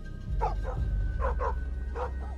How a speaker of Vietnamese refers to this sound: Con chó mực ở ngoài sân cũng chĩa sang ấy mà sủa lên inh ỏi. Bầy chó khắp cả làng như phụ họa mà sủa theo.